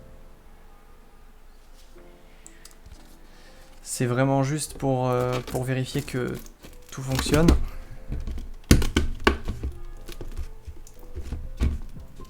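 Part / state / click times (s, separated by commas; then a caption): plastic lid on a small insect breeding box / not seated / none. Someone handles the plastic lid of a small breeding box for mantises, trying to snap it shut to check that it holds. Someone talks in the middle, and sharp plastic knocks come near 2.5 s and in a cluster from 8.7 to 9.3 s. The lid has not clicked or seated yet when the clip ends.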